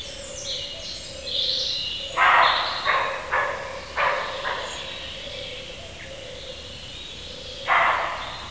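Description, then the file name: Roe deer barking: several rough, gruff barks in quick succession, then a pause and one more bark, with birdsong in the background. Male roe deer barking. "Косуля-лай-самца"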